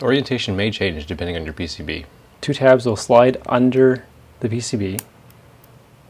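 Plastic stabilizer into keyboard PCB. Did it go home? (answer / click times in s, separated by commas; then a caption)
yes / 5.3 s, 5.6 s. Someone talks while a plastic PCB-mount keyboard stabilizer is set on the keyboard circuit board with its two tabs slid under the board, then pressed down. Two short ticks are heard at 5.3 and 5.6 seconds as the stabilizer snaps into place and is seated.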